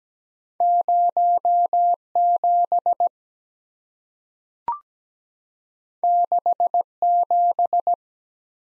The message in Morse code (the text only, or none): 07 67